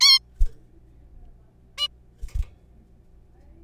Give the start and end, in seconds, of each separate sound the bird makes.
0.01-0.19, 1.78-1.88